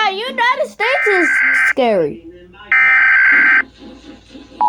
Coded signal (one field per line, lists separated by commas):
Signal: Emergency Alert System (SAME) tones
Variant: header bursts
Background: speech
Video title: I NERVER HEARD THAT CREEPY AND LOUD ALARM BEFORE!!!!| Ginger reacts to eas alarms